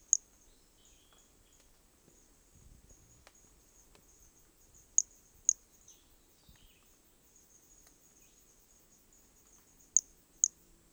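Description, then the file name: Hermogenes' pumpkin toadlet calling in short high notes, some paired about half a second apart, against a faint continuous insect buzz. Recorded specimen from Corcovado, MHNCI museum collection; starting notes lost, recorded without interruption. "MHNCI Brachy hermogenesi Corcovado specimen one two starting notes lost without interruption"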